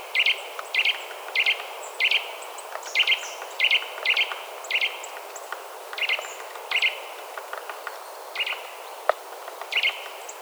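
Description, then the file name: Eurasian nuthatch calling in a lively run of loud, repeated piping notes, with a single sharp click late on. "Sitta europaea"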